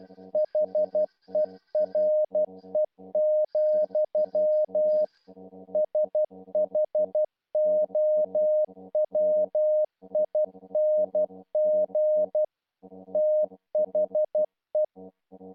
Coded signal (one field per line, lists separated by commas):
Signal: Morse code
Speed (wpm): 12 wpm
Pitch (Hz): 610 Hz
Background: music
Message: HERE, SHOWING THE